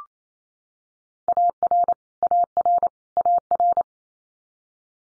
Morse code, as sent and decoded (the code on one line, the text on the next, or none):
.- .-. / .- .-. / .- .-.
AR AR AR